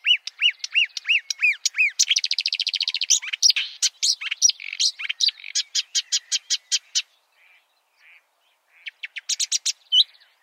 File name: suara kicauan burung marsh warbler. omkicau